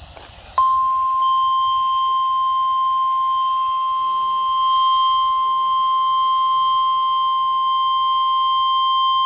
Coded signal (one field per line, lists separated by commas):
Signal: Emergency Alert System (SAME) tones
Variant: 1050 Hz attention tone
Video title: APRIL FOOLS CHASE! EAS Alerts from 4/1/2023 (EAS #1,140-1,147)